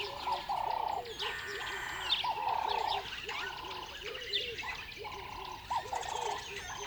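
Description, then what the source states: Birds calling: long nasal notes repeat steadily, while lower, short hooked calls chatter beneath them and high twitters scatter above. Birds on a river bed at dawn, upset.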